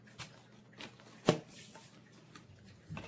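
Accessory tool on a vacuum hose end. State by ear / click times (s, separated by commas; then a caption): not seated / none. A plastic accessory tool is fitted onto the end of the hose of a Bissell CleanView Compact Upright Vacuum, with soft rustling handling sounds and one sharp knock at about 1.3 s. The tool does not stay on because it was not locked, and nothing has locked or clicked into place yet.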